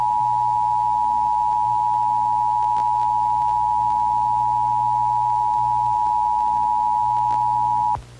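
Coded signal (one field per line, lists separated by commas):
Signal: Emergency Alert System (SAME) tones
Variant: 853 and 960 Hz attention tone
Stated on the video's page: Fictional end-of-world EAS scenario.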